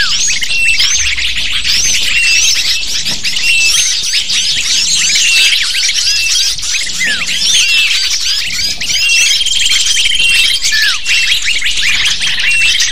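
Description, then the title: Lovebirds chattering as a dense flock, shrill overlapping chirps and squeaky notes without pause, with thin steady whistled tones alongside. Recording of lovebird calls used to lure lovebirds. "PIKAT BURUNG LOVEBIRD"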